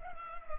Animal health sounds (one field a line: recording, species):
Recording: mosquito wingbeat signal from an infrared sensor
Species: Culex pipiens